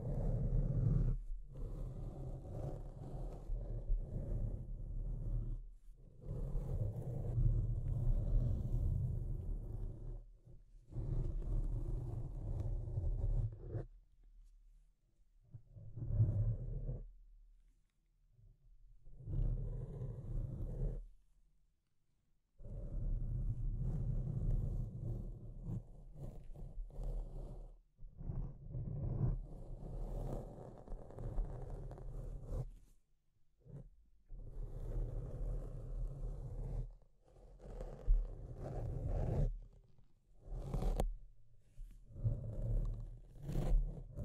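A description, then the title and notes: Deep, low scratching comes in dense bursts of a few seconds each, broken by short silences, with rough grinding texture throughout. ASMR Deep Scratching. (No Talking).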